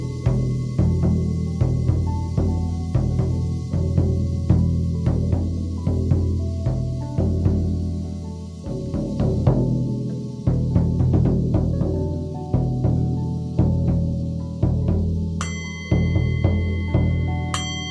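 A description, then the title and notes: Buffalo drum beats in a steady, even rhythm with deep booming tones, joined near the end by ringing bells that sustain brightly. Buffalo drum, Tibetan singing bowl and dragon rings bells.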